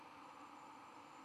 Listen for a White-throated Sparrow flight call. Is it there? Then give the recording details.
no. No flight call is heard. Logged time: 22:03 on 11 November 2014